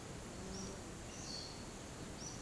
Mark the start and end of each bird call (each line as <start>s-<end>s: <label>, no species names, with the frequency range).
0.50s-1.65s: bird call (3.7-6.5 kHz)